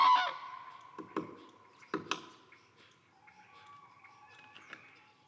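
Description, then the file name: Common crane giving a loud trumpeting call at the start, then quieter, with sharp knocking taps and a faint, drawn-out tone later. Flight call. "ccrane grus. whbruch"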